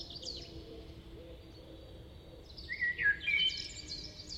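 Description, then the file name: Eurasian blackbird giving a brief warbled phrase that breaks into high, squeaky twittering near the end, after a quiet stretch with faint background chirps. "Turdus merula"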